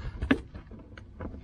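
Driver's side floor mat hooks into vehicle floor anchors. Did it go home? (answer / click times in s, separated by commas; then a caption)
yes / 0.3 s. A driver's side 3D floor mat in a Tacoma is pressed down after its small retention hooks are lined up with the floor anchors. A sharp snap at 0.3 s is the hooks seating, followed by a fainter tick at 1.0 s and soft low rustling. The mat hooks are seated in place.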